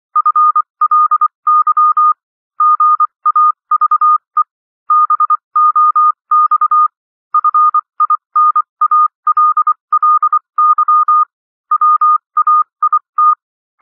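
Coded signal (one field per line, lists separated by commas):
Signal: Morse code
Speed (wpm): 24 wpm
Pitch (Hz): 1220 Hz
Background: none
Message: FLY GAVE BOX FINALLY WAIT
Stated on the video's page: Morse code reading practice at 21-24 WPM characters with 24 WPM.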